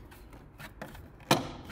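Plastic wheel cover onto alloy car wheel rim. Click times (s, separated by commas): 1.3 s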